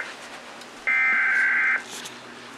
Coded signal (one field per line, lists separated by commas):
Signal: Emergency Alert System (SAME) tones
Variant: header bursts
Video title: NC ACTUALLY USED IPAWS OPEN - NC AMBER ALERT (01/14/2022) - EAS #13